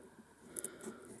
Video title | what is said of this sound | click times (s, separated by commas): Work on the North & West Section, Reverse Loops and Even Trains Running | turn it and it locks in place | 0.6 s